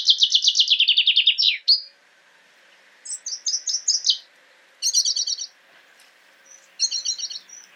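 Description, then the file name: Common chaffinch song: a fast descending trill ending in a flourish, followed by a few short bursts of high trilled notes separated by pauses. "Fringilla coelebs"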